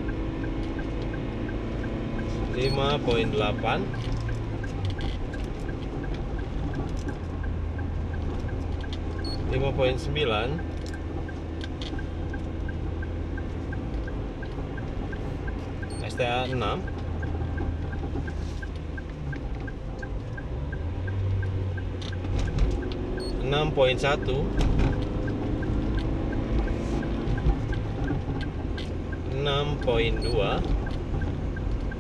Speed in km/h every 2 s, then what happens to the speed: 54, 54, 54, 54, 54, 52, 50, 49, 49, 49, 48, 49, 51, 51, 52, 53.
0-32 steady at about 51.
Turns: none.